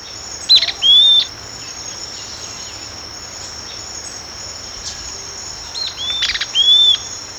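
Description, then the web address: Southern beardless tyrannulet giving short high whistled notes in two brief bursts, the first near the start and the second near the end, over a steady high insect drone. Recorded in Ecuador. "Birds of Ecuador 2. Southern Beardless Tyrannulet"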